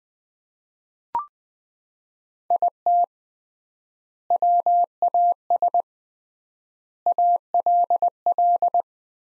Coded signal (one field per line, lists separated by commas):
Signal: Morse code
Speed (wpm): 20 wpm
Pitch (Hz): 700 Hz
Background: none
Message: IT WAS ALL